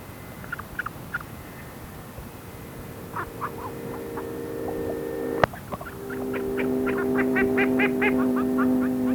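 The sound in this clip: Duck calls, a few nasal notes at first, then a fast quacking series, heard over a steady low engine-like hum and one sharp click.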